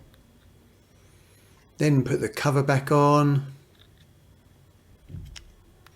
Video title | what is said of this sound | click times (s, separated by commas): How to replace battery in VW Key Fob - VW Key Fob Battery Replacement | op zijn plaats klikken en daar gaan | 5.4 s, 5.9 s